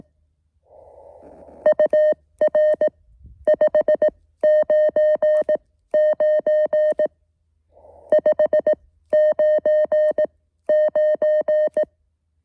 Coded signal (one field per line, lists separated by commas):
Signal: Morse code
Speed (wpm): 18 wpm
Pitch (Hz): 620 Hz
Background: music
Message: UR 599 599